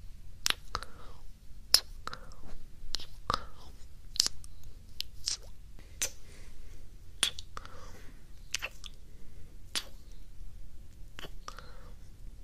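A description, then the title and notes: Wet mouth sounds and kissy smacks pop at a steady rhythm, about one per second, over a quiet low hum. ASMR Kisses, Earbud Nibbling, and Mouth Sounds and Sticky Tapping.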